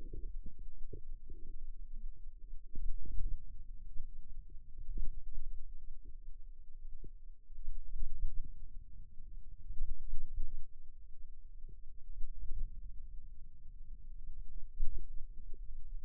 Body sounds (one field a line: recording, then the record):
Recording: forearm muscle sounds (acoustic myography)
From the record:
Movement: hand opening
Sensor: system 2, bracelet of six BSWA MPA416 microphones around the upper forearm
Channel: 1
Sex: female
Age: 22 years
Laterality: right